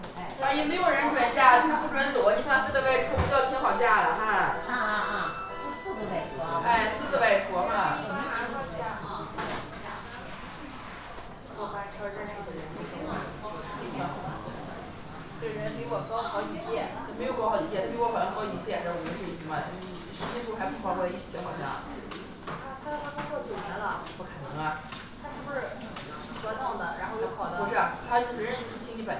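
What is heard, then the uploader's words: Voices talk over one another at a hepatobiliary and pancreatic surgery nurses' station, a woman's voice standing out among the chatter. The speech runs continuously for the whole stretch, loudest in the first seconds, with scattered clicks and knocks mixed in. Qingdao Hospital Pancreatic Surgery Nurses Station. Hepatobiliary and pancreatic surgery nurse’s station on the west coast.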